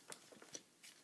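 A plastic shoulder piece of a Hasbro Jurassic Park x Transformers crossover action figure is rotated around toward the figure's torso, giving light handling clicks and rubbing, with sharp ticks at about 0.1 s and 0.6 s and a soft hiss near 0.9 s. Nothing has seated or snapped into place yet.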